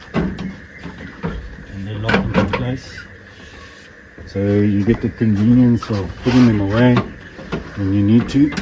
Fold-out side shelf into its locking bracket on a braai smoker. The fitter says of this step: the shelves FL forward and they lock into